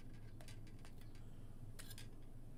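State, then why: Not seated. Large plastic wings are fitted into the back socket of a collectible action figure's body, giving only faint, light handling ticks over a low steady hum. The wings have not clicked or seated yet.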